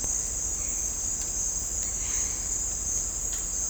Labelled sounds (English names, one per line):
none